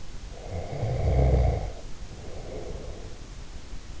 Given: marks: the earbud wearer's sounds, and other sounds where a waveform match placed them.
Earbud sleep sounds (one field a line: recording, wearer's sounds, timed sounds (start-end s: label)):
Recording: sounds in sleep by an in-ear microphone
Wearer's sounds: snoring breath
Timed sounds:
0.22-3.34 s: snoring breath